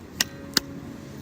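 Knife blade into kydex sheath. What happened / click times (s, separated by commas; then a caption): The blade snapped into the rigid plastic sheath's retention / 0.2 s, 0.6 s. A bushcraft knife is pushed into a homemade kydex sheath and snaps into its retention, giving two sharp, bright clicks at 0.2 s and 0.6 s over a quiet background. The knife is seated in the sheath.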